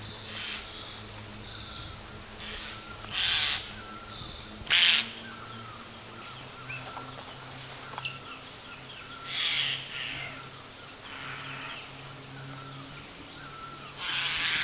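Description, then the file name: Eurasian jay giving harsh, rasping screeches, short noisy bursts repeated irregularly every few seconds, over a steady low background hum. "Garrulus glandarius"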